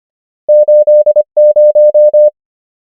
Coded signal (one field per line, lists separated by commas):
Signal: Morse code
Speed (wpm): 25 wpm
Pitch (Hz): 600 Hz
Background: none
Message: 8 0